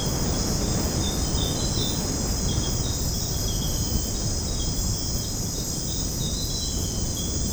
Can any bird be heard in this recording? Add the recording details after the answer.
no. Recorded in secondary vegetation near Puerto Asís, Putumayo, Colombia, on 20 February 2024 at 06:00. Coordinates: 0.489, -76.322. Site G6419